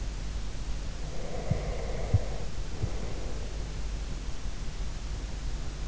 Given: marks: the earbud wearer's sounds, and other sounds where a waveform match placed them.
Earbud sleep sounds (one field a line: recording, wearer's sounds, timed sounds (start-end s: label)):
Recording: sounds in sleep by an in-ear microphone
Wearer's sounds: breath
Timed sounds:
1.17-3.15 s: breath